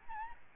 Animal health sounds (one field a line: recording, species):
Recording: mosquito wingbeat signal from an infrared sensor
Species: Aedes albopictus